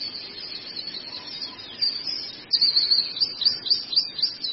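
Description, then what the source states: Long-tailed shrike song of high scratchy notes, then a run of sharp repeated chips about four per second. Used for training cage birds (masteran).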